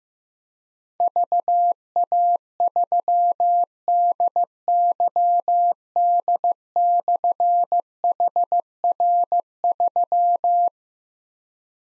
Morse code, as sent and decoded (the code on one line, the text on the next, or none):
...- .- ...-- -.. -.-- -.. -..-. .... .-. ...--
VA3DYD/HR3